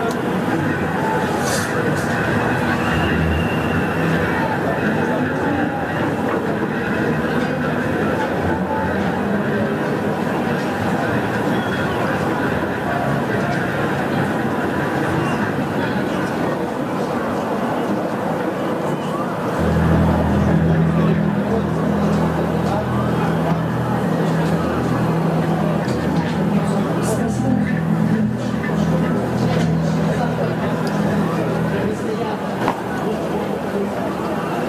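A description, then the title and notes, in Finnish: Recorded at a protest in Belarus: a dense, steady wash of many voices talking at once, with no single speaker standing out. About twenty seconds in, a low, even droning hum like an idling engine joins the crowd and continues to the end. Kaikki projektin äänet ovat aitoja, dokumentaarisia ääniä, jotka on nauhoitettu Valkovenäjällä meneillään olevissa mielenosoituksissa.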